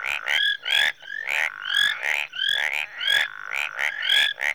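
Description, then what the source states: Tree frogs calling together, loud rising chirps and rattling clicks in quick succession over a steady buzzing hum. Tree frogs in a marsh in Rwanda, early evening.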